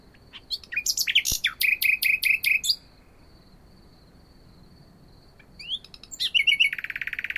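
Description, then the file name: Common nightingale song: a burst of rapid rattling and harsh notes, then a pause with a thin faint tone, followed by fast repeated chattering phrases. "Luscinia megarhynchos"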